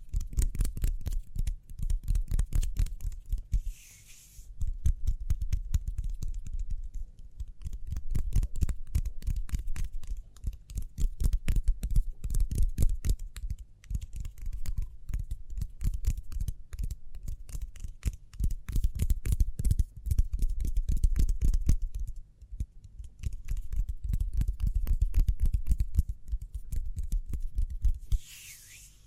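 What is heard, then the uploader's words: Speedy hand sounds: fast, dense rubbing and tapping strokes run almost nonstop, heavy in the low end with crisp clicks on top. Short pauses break the flow around four and twenty-two seconds, and brief hissy swishes appear near four and twenty-eight seconds. ASMR Speedy Hand Sounds (No Talking).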